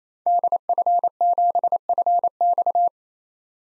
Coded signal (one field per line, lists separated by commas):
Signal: Morse code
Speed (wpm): 28 wpm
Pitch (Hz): 700 Hz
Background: none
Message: DF7FX